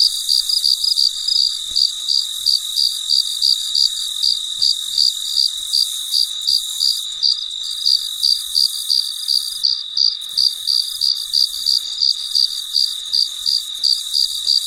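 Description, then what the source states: Cricket giving rhythmic high chirps, around three per second, steady throughout, set against a constant high-pitched insect hum. Recorded late at night in very quiet surroundings.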